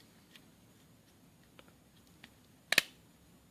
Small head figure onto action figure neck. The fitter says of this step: nice click and you